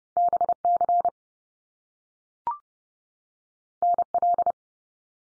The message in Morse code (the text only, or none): BC NL